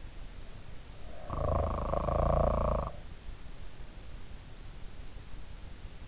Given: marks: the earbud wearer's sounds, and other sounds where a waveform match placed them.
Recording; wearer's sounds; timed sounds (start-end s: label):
sounds in sleep by an in-ear microphone; snoring breath
0.94-3.20 s: snoring breath